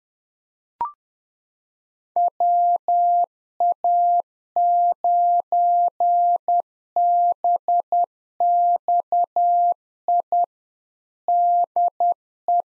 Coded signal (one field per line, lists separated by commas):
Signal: Morse code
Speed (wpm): 10 wpm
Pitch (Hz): 700 Hz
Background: none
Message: WA9BXI DE